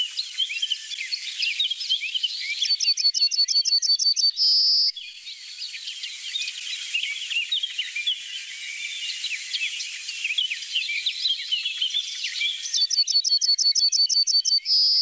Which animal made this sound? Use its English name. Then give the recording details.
Yellowhammer. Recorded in the wild. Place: Oberrotweil am Kaiserstuhl, Baden-Württemberg, DE. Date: 1988-06-18. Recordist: Schwarz, Dieter. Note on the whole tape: Song